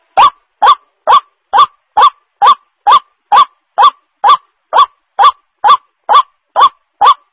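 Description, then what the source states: White-breasted waterhen call: a fast, very regular run of harsh, rising croaks, a little over two per second, with nothing else heard. Lure call of the white-breasted waterhen, known locally as ruak-ruak.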